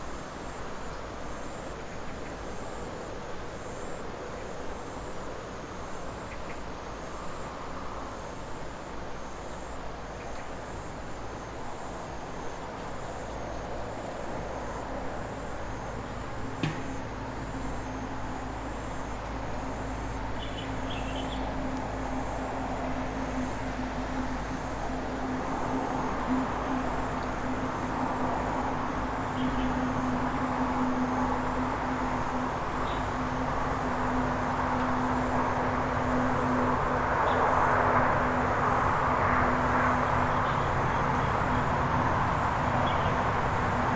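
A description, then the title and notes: Steady roar of unseen highway traffic beyond a tree farm, growing slightly louder, with a low droning hum from about twenty seconds and one sharp click. Tree farm. Unseen highway.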